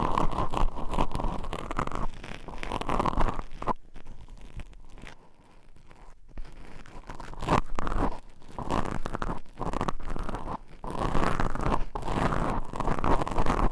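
Scratching on microphone covers makes dense, rasping friction with a strong low rumble, pulsing in short bursts. A quieter, softer stretch runs from about four to seven seconds, then the busy scratching returns, with brief gaps near eight, ten and twelve seconds.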